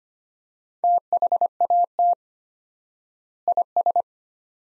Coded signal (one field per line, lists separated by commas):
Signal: Morse code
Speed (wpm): 25 wpm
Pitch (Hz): 700 Hz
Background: none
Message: THAT IS